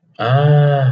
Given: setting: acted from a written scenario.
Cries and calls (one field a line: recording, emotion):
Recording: vocal sound without words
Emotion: awe